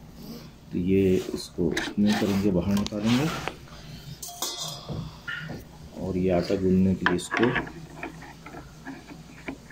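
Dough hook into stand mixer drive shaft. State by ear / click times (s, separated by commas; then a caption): not seated / none. A metal dough hook is handled at the drive shaft of a DOTS 6.5-liter MXR-65L stand mixer (max 1300 watts) for kneading dough, with someone talking throughout and short sharp knocks of handling around 4.2, 4.4, 8.0 and 9.5 seconds. Nothing has seated or clicked yet; the hook is not yet locked onto the shaft when the clip ends.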